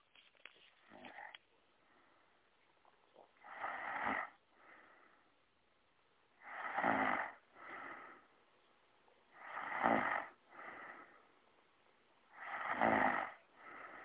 Young Woman Snoring.